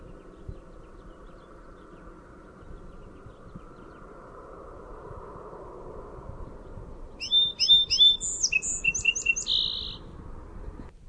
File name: SOSP song